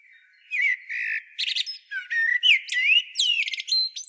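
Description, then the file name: Common blackbird song: rich fluty notes sliding up and down, mixed with quick squeaky twitters in a lively, varied phrase. "Turdus merula"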